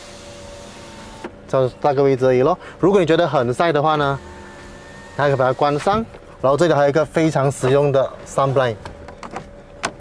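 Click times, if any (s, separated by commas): 9.9 s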